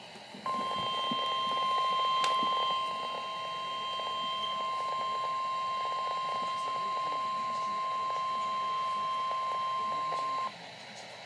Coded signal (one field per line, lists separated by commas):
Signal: Emergency Alert System (SAME) tones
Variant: 1050 Hz attention tone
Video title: Eas severe thunderstorm warning eas 14